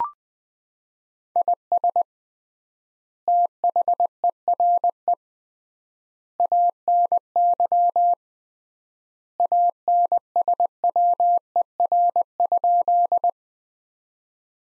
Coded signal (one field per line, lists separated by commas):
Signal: Morse code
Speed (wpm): 20 wpm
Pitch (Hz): 700 Hz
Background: none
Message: IS THERE ANY ANSWER?